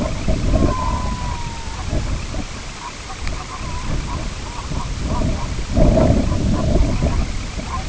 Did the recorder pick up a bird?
yes